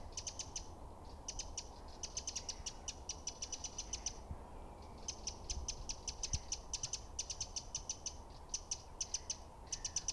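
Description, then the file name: Eurasian wren producing fast, dry rattling ticks in repeated bursts with short gaps, accompanied by a constant low background noise. "Troglodytes troglodytes"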